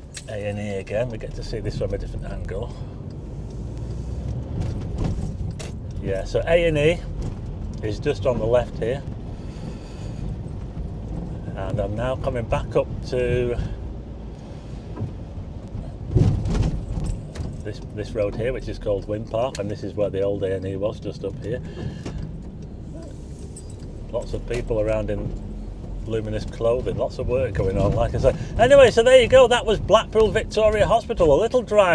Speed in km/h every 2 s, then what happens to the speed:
11, 13, 21, 26, 27, 32, 35, 31, 31, 31, 29, 24, 21, 19, 18, 24.
0-12 speeds up to 35. 12-19 steady at about 31. 19-27 slows to 18.